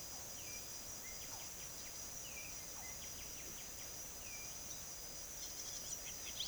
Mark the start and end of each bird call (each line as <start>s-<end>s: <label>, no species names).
0.00s-4.75s: bird call
5.24s-6.47s: bird call